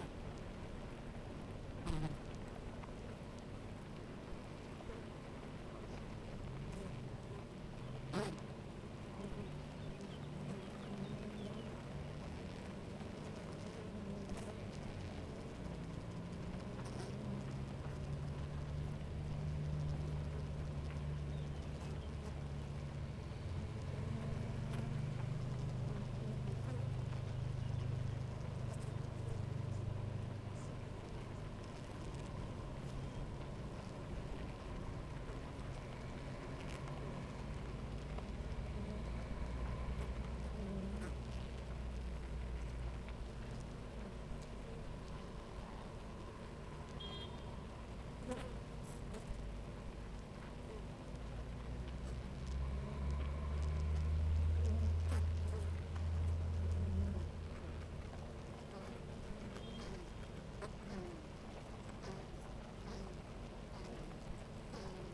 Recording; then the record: honeybee colony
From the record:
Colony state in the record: active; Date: 28 July 2017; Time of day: 9:41